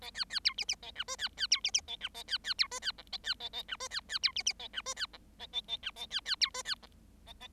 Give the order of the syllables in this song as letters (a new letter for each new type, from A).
A B B C D D A E F B B C D D A E A B B C F B G A B A A E F B B C D D A E F B G A A A E A B B C F B G